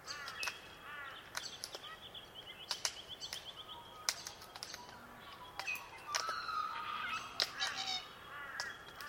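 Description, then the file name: Glossy black cockatoo making squeaky, wavering chirps and thin whistles, with rapid clicking and snapping throughout. Soundscape of melodic glossy black cockatoo calls. "melodic glossy black cuckatoos"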